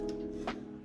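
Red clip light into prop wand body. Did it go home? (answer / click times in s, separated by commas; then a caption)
no / none. A red clip light is flipped over and pushed into the plastic body of a GPStar Supreme Kit Neutrona Wand prop, handled during installation. Steady tonal music-like hum runs under faint handling noise, with a brief brighter rustle around 0.5 s. Nothing has seated or clicked yet.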